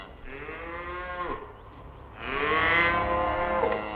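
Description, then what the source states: Cattle lowing twice in quick succession, a shorter call then a longer, louder one, with bright harmonics. Farmyard with cows, calves and heifers.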